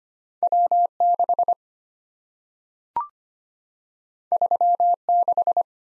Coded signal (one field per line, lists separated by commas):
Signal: Morse code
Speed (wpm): 25 wpm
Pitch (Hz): 700 Hz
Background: none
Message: W6 36